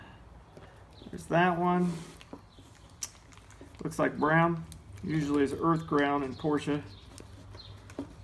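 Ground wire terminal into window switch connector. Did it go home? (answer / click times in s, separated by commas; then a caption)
no / none. On a Porsche 928, the brown ground wire terminal is pushed at the window switch connector while someone talks, with a few faint ticks such as one near 3.0 s. The terminal will not go in or come out, so nothing has seated or clicked yet and another try follows.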